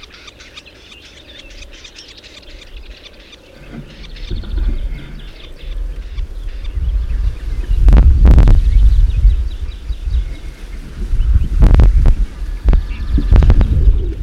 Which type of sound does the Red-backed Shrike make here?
song